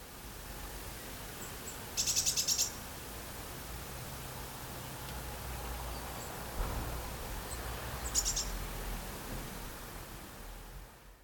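Eurasian blue tit giving two brief, very high, rapid rattling trills of ticking notes several seconds apart, over a steady low background rumble.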